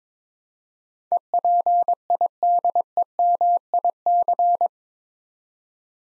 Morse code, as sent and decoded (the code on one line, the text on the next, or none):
. .--. .. -.. . -- .. -.-.
EPIDEMIC